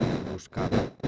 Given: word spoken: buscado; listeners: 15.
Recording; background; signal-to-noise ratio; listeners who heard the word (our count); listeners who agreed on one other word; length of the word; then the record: one Spanish word in noise, from a listening test; noise modulated by one talker; -8.7 dB; 0 of 15; 7 of 15; 0.68 s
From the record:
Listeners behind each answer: 7, 3, 1, 1, 1, 1, 1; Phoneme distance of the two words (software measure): 20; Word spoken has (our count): 3 syllables, 7 phonemes, stress on syllable 2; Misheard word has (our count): 3 syllables, 7 phonemes, stress on syllable 2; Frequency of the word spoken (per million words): 12.79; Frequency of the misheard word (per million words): 18.82